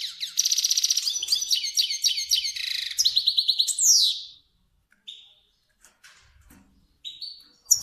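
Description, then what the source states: Finch song: rapid buzzy trills and chirps ending in a downward sweep, followed by a few quieter short notes. Kermani finch.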